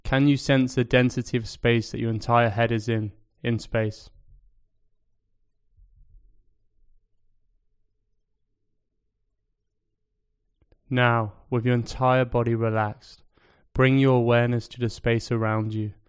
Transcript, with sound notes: Can you sense the density of space that your entire head is in... in space? [Pause 5 seconds] Now, with your entire body relaxed, bring your awareness to the space around you.